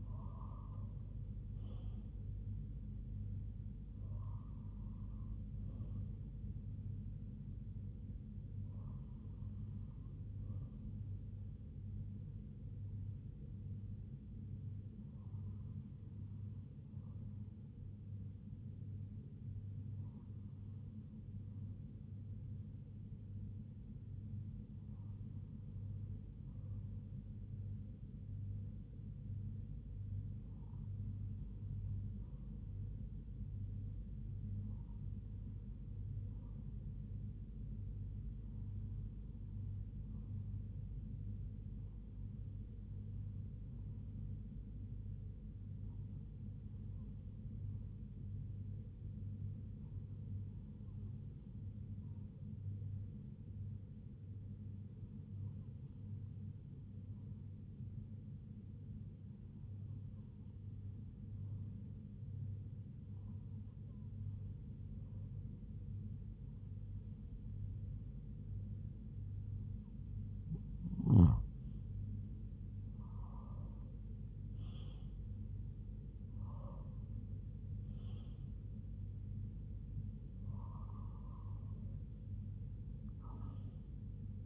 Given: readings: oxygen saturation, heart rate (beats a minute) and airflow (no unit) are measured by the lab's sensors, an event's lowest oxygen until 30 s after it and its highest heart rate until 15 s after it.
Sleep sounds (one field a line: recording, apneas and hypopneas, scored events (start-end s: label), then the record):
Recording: breathing in sleep by a smartphone at the bedside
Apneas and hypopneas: 1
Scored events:
26.00-68.00 s: hypopnea (REM, oxygen 98% highest, then 95% lowest, heart rate 71 at the start, 84 highest)
From the record:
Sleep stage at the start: REM sleep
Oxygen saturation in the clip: 95 to 98%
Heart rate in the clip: 61 to 89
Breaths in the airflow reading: 20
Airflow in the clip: -7.1 to 5.7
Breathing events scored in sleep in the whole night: 158 in 7.3 hours asleep